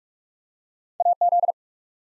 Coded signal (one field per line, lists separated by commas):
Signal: Morse code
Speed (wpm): 42 wpm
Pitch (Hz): 700 Hz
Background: none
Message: AZ